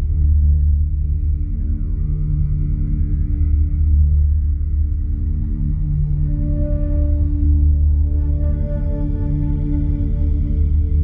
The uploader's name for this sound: Binaural Beat Delta